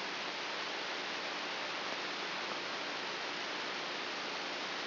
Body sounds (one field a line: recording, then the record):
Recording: brain microelectrode recording played as sound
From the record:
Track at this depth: inside the subthalamic nucleus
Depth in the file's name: 2.503 mm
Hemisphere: left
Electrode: 2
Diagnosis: Parkinson's disease